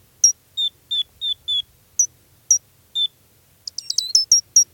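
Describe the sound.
Gray's lark calls: spaced high notes alternating between two pitches, then a fast burst of sharp chirps near the end, in quiet surroundings.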